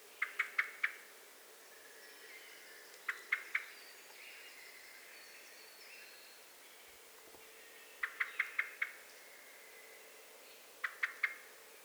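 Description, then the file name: Eurasian blackbird: four short bursts of a few sharp clicking chinks spread throughout, faint soft notes behind. "Turdus merula"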